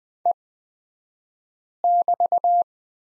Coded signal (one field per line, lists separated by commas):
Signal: Morse code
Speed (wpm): 20 wpm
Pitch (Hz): 700 Hz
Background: none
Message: E<BT>